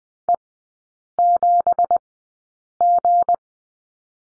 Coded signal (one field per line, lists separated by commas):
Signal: Morse code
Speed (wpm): 20 wpm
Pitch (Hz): 700 Hz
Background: none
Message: E7G